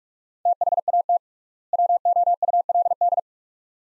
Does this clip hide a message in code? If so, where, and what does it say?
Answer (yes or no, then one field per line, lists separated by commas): yes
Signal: Morse code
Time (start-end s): 0.5-3.2 s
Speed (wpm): 46 wpm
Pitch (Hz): 700 Hz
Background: none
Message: THAT WOULD